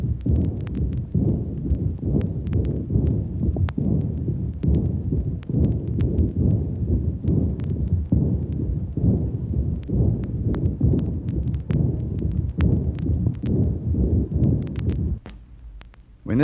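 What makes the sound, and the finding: Heart by stethoscope. Heart murmur.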